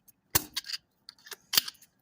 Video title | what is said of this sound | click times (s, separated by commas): it's easy swapping over a 4x4 4l60e to a 2wd!! | pops into place | 0.4 s, 1.6 s